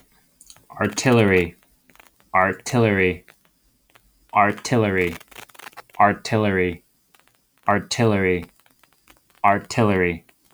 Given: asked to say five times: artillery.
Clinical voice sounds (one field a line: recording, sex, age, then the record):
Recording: repeated word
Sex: male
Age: 30 to 39 years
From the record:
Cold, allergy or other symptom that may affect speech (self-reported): no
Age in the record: 31 years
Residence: New York, United States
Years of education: 20